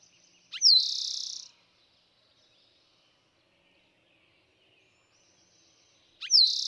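Eastern Towhee repeating its song, a sharp slurred whistle and fast trill, then a long pause before the next phrase begins.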